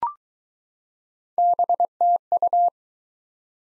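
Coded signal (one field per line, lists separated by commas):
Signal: Morse code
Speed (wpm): 20 wpm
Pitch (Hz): 700 Hz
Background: none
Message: BTU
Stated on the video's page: Speed-Racing practice format starting fast and slowing to a 15 wpm base, fastest speed 1.5 times the slowest, with a final repeat at maximum speed.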